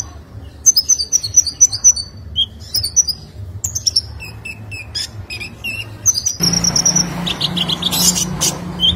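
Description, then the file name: Sunbird with thin, high trilling phrases and scattered chirps; a broad hiss of noise rises under the song in the last few seconds. "Kolibri Lebah"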